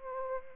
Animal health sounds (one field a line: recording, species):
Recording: mosquito wingbeat signal from an infrared sensor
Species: Anopheles arabiensis